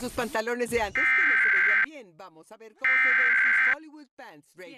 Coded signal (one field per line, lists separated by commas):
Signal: Emergency Alert System (SAME) tones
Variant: header bursts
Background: speech